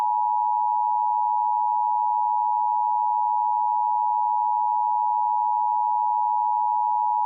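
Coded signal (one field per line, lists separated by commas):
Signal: Emergency Alert System (SAME) tones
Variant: 853 and 960 Hz attention tone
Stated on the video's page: Fictional EAS scenario with valid EAS tones.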